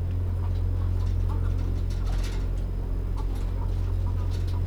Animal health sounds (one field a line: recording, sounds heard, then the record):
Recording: poultry house recording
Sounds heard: sick chickens (respiratory disease)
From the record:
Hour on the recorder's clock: 21